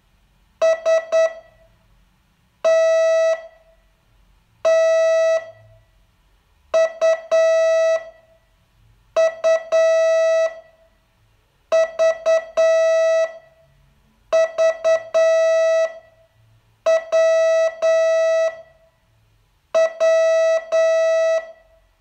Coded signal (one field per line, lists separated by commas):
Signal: Morse code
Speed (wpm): 9 wpm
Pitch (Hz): 650 Hz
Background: none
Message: S T T U U V V W W